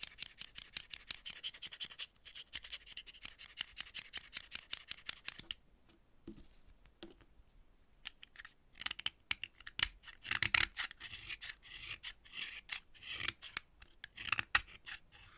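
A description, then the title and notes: Chalk being cut, with quick, crisp scraping and crunching strokes packed densely through the first five seconds. A near-silent pause follows around six to eight seconds, then irregular sharper snaps and gritty rasps return, bright and clustered, through the end. Chalk Cutting. No Talking.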